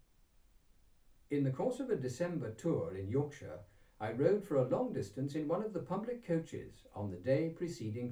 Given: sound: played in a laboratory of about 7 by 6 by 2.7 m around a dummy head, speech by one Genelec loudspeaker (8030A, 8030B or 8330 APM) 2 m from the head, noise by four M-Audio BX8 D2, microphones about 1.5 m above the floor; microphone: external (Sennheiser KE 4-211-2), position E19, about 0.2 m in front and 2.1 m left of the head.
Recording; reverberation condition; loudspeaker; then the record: male speech in English; low; in front (0 degrees)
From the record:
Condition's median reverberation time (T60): about 310 ms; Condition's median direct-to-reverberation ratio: about 3.5 dB